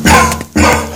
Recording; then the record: coughing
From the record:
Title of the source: Wet Throat Infection Cough